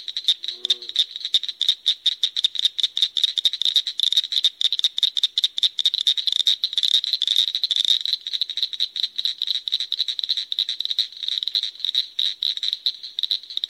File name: Northern Cricket Frog